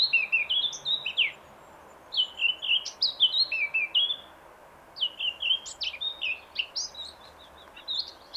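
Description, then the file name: Eurasian blackcap song, several bursts of bright fluty warbling, split by short silences. "Sylvia atricapilla"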